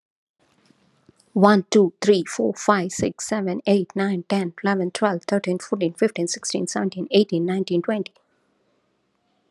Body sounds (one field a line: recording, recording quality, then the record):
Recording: counting at a fast pace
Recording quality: excellent, no background noise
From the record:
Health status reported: COVID-19 positive, mild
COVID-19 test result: positive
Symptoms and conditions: cough, fatigue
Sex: female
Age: 38 years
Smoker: not ticked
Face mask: not worn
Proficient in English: yes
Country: India